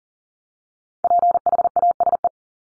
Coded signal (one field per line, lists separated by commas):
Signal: Morse code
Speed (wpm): 40 wpm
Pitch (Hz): 700 Hz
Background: none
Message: PHASE